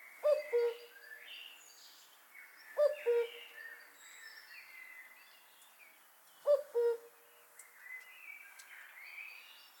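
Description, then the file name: Common cuckoo repeating a clear falling two-note cu-ckoo three times, roughly every two to four seconds, over a chorus of other birds singing. "kakukk hangja"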